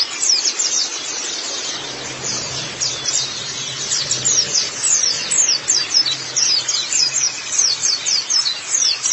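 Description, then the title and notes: White-eye song: rapid, high, descending twitters packed closely together, continuous throughout. Long-duration recording of the chirping song. "Kicauan Burung Pleci Durasi Panjang. Suara kicauan burung pleci"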